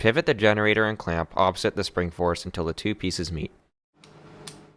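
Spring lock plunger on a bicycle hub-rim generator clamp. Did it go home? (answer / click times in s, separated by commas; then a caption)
yes / 4.5 s. Someone talks for about three and a half seconds while a bicycle hub-rim generator and its clamp are pivoted against the spring force until the two pieces meet. After a short silence, a faint tick comes at 4.0 s, then a sharp click at 4.5 s as the spring-loaded locking plunger snaps into its groove, seating the spring lock and locking the generator.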